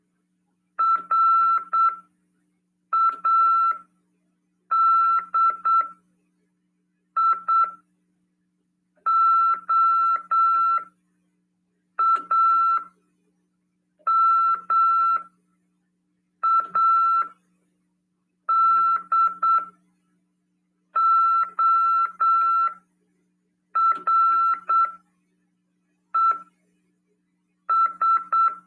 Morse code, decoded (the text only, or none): RADIOAMADORES